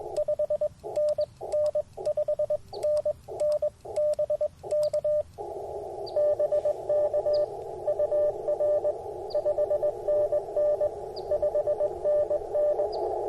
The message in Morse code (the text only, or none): 5NN 5NN BK BK UR 5NN 5NN